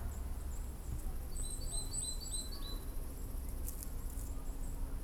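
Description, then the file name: Coal tit calls, a run of short, high, thin notes repeated rapidly for about a second, with a faint low hum throughout. "tit-coal -Periparus-ater"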